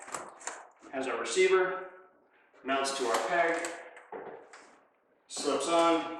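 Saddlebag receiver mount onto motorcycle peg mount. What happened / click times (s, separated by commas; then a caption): Handled, not yet home: mount slid toward its peg, no seating click / none. A large saddlebag's receiver mount is handled at a sportbike's motorcycle peg mount, where it slides on and locks with an internal knob. Someone talks throughout, with short taps around 0.1, 0.5, 4.1 and 4.5 seconds. Nothing has seated or clicked yet; the clip ends just before the mount goes home.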